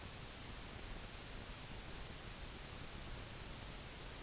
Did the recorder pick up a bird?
no